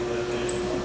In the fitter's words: we go off to yell okay so now Costas is over I always like to have it pushing I hear it click open alrighty